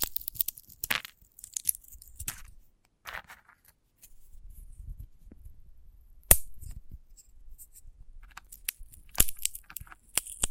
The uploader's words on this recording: ASMR of a Sunflower Head (No Talking).